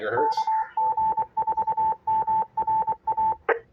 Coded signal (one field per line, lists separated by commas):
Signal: Morse code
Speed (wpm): 23 wpm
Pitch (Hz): 880 Hz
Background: speech, radio noise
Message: KG4MRA